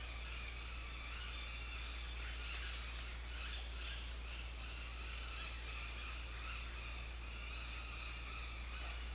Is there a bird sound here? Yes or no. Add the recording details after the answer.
yes. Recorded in dense forest near Puerto Asís, Putumayo, Colombia, on 9 March 2025 at 17:00. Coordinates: 0.503, -76.323. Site GP09